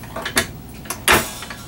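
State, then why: Not seated. The tilt head of a Cuisinart stand mixer is lowered and pushed down on its hinge latch, producing short rattling clacks of the mechanism near 0.4 s, 0.9 s and 1.5 s, with a louder, longer rattle around 1.1 s. The hinge latch does not catch, and nothing has locked in the down position yet.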